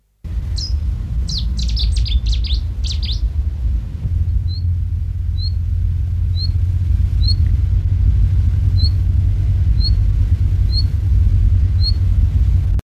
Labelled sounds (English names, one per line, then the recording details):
Cetti's Warbler
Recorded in the wild
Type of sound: song, call
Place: Camargue, FR
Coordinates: 43.4556, 4.58528
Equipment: Halbspur, 9,5 cm/s
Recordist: Lütgens, Hans
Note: Gesang und Lockruf